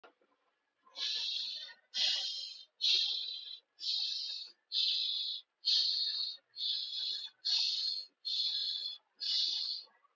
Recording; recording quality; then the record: shallow breathing; excellent, no background noise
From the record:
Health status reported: healthy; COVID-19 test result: not tested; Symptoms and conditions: cold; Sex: male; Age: 38 years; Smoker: not ticked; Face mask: not worn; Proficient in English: yes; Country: India